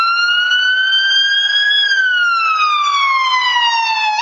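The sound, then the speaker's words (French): An ambulance siren sounds alone as it passes along a street, one steady, loud, harmonic tone that slowly climbs in pitch, then slides steadily lower as it passes, with a Doppler drop. “En fait, tu dois sûrement le connaître, parce que l'effet Doppler, c'est celui qui est responsable de l'effet auditif quand une ambulance passe dans la rue.”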